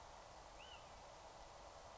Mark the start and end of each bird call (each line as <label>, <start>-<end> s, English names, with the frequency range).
Little Owl (1.2-3.3 kHz), 0.59-0.80 s